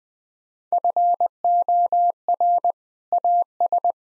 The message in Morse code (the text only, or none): FOR AS